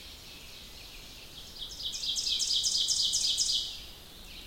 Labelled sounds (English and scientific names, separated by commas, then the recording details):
Ovenbird (Seiurus aurocapilla) song
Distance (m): 25 m
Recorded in boreal forest in Alberta, Canada, on 2 June 2016 at 05:16
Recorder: SongMeter 3, array SBT-3-7
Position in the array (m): 22 m, 131 m
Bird 4